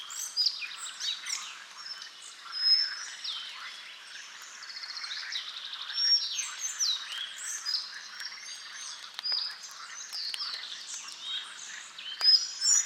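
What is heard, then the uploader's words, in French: Forest ambience filled with a dense, continuous chorus of overlapping birdsong, with trills, chirps and whistles layered high and bright throughout. Several calls stand out at moments, around three, six and near the end, while no low sounds sit beneath. Cette belle ambiance forestière est un moment agréable de découverte d'un oiseau bien particulier le Gobemouche à collier (Ficedula albicollis) qui habite les grandes forêts de Lorraine. Son sifflet perçant évolutif ressort bien de l'ambiance générale du lieu. Ambiance - Forêt de Lorraine.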